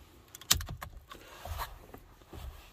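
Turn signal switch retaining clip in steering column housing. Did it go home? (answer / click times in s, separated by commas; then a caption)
released / 0.5 s. The bottom plastic retaining tab of a turn signal switch in a Chevy HHR steering column housing is released the same way as the top one, giving a sharp click at 0.5 s. Several smaller clicks and faint rattles surround it before and after. The switch clip is now free and the switch can be pulled out.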